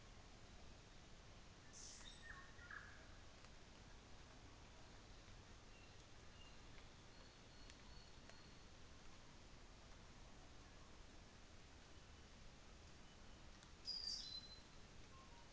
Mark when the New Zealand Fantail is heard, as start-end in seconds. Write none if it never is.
1.50-2.54